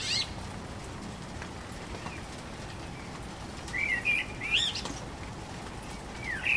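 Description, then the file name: Common blackbird song: a brief fluty phrase with a squeaky high flourish midway, and fainter warbles at the edges, over soft background noise. Recorded 12 April 2010. "Amsel 20100412"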